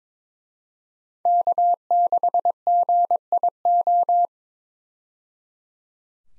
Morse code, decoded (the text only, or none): K6GIO